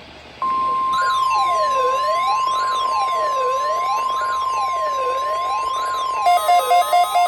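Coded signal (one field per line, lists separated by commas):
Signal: Emergency Alert System (SAME) tones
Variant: 1050 Hz attention tone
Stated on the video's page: NOAA weather radio required weekly tests from two transmitters.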